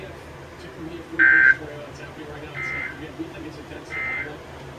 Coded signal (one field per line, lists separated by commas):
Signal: Emergency Alert System (SAME) tones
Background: speech